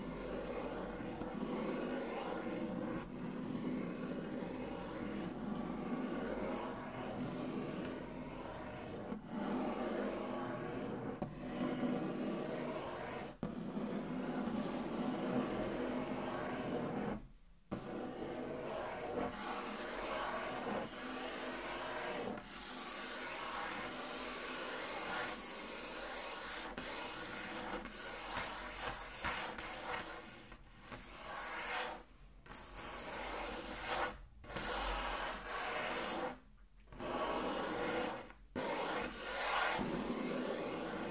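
Steady tracing on a table surface: a dense, dry rubbing scratch with a faint low hum underneath. The strokes run almost continuously, with a short break near 17 seconds, then grow choppier after 30 seconds, stopping and restarting in brief pauses.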